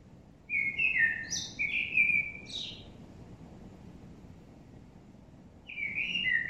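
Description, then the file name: Common blackbird song phrase of fluty warbles closing with high scratchy notes, a long quiet gap, then the start of another mellow phrase. "Turdus merula"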